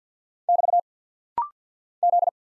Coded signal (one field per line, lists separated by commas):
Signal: Morse code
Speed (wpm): 50 wpm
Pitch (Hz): 700 Hz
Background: none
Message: <BT> Z